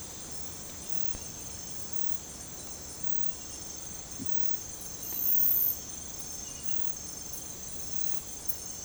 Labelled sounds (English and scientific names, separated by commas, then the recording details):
none
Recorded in secondary vegetation near Puerto Asís, Putumayo, Colombia, on 20 December 2024 at 03:30
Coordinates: 0.468, -76.324
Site G095